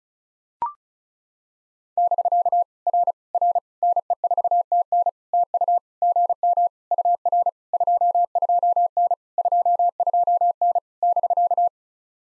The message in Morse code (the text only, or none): <BK> R R NE4TN TU GM UR 22N 22N <BK>